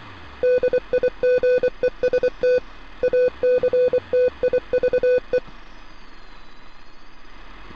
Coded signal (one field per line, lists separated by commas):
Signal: Morse code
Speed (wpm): 24 wpm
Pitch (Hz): 500 Hz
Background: none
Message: DIGEST ACTIVE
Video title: Portal Strange Radio Transmission Sounds